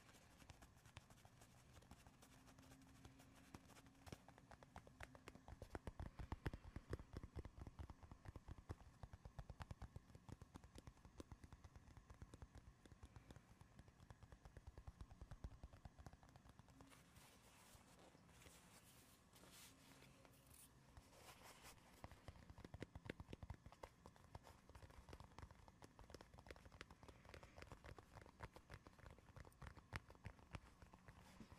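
Dense, irregular tapping and scratching runs throughout, with sharp clicks and scraping bursts clustering heavier around six to ten seconds and again near twenty-three.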